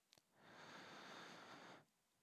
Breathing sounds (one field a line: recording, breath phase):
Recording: one breath near a microphone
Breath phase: inhalation